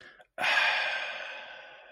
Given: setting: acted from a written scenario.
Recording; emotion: vocal sound without words; serenity